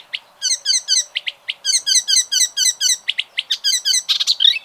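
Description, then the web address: Bird repeating quick short phrases in a rapid rhythm, with a few sharp clicks and a jumbled burst at the end. "ornitologiya slovar Ptichki"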